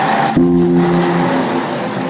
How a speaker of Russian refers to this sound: проезжает поливальная машина.